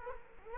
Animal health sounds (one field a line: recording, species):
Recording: mosquito wingbeat signal from an infrared sensor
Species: Culex quinquefasciatus